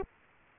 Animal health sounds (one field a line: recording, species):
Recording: mosquito wingbeat signal from an infrared sensor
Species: Aedes aegypti